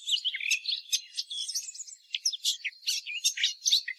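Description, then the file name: Eurasian blackcap song, a dense, quick, high twittering warble of chirps and short whistled slurs. "Sylvia atricapilla"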